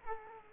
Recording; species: mosquito wingbeat signal from an infrared sensor; Culex quinquefasciatus